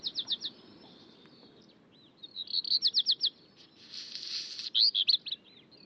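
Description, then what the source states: Black Redstart singing: a short run of quick high notes, then a rattled series, a burst of scratchy crackling, and a final clipped flourish. Dawn chorus in high-mountain alpine pasture at Col du Granon, 2400 m, Hautes-Alpes above Briançon, France; 23 June 2018, about 4:45 am at daybreak, around 5 °C, very clear sky.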